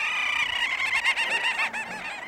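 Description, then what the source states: Little auks calling: a dense, chattering chorus of harsh, nasal, rapidly repeated notes from many birds, overlapping one another. Many little auks, black and white birds breeding on Arctic islands, swirling high over Svalbard cliff faces and calling almost constantly; they sound constantly angry. Recorded from a mountaintop.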